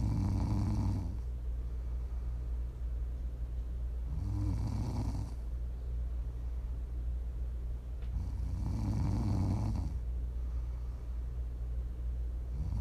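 Low, rattling snores come roughly every four seconds, about 15 a minute, with quieter breathing between them over a steady low hum. This is ordinary adult sleep snoring, offered as ASMR to listen to for sleep, relaxation or winding down.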